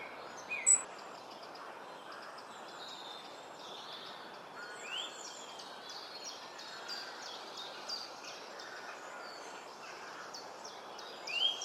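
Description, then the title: Robin song of short high chirps and twittering notes scattered throughout, with a few louder sharp notes over steady background hiss. "Robin Birds Chirping"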